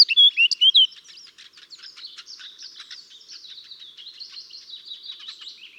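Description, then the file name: Eurasian blackcap giving a few loud whistled notes at the start, followed by several seconds of faint, rapid, scratchy twittering. "Sylvia atricapilla"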